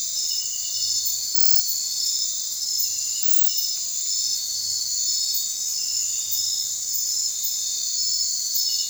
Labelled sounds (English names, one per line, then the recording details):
none
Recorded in secondary vegetation near Puerto Asís, Putumayo, Colombia, on 29 June 2025 at 23:00
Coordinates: 0.499, -76.323
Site G077